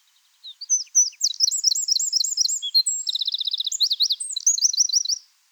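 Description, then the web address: Eurasian wren: a loud, high, rapid song of twittering phrases, a dense buzzy rattle, then further quick trills. "SETE Troglodytes troglodytes"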